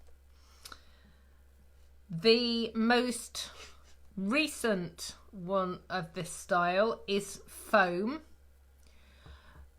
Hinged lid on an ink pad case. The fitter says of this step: um and it locks in place again the same now